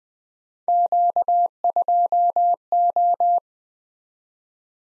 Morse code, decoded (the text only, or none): Q2O